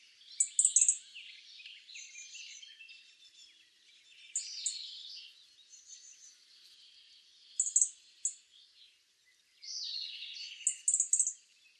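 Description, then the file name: European robin song: thin, high, tinkling phrases with sharp notes near the top, broken by pauses roughly every three seconds over a soft warbling background. "Erithacus rubecula"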